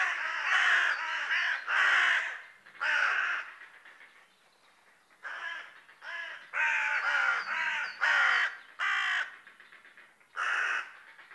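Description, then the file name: Carrion Crow, harsh rasping caws in irregular groups separated by quieter gaps, with softer caws in between. "Corvus corone"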